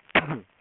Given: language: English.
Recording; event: throat vibration sensor signal played as sound; cough